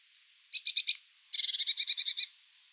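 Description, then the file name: Eurasian blue tit call: four scratchy high notes followed by a longer fast run of many harsh, buzzy notes, with no other clear sound. "Cyanistes caeruleus"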